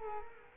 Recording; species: mosquito wingbeat signal from an infrared sensor; Culex quinquefasciatus